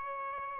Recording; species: mosquito wingbeat signal from an infrared sensor; Aedes albopictus